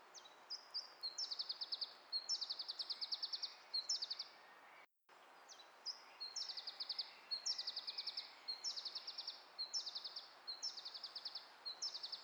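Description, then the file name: Iberian chiffchaff song: high, thin phrases of a few stepped notes running into a fast even trill, repeated many times, with one brief silent break midway. "iberischer zilpzalp"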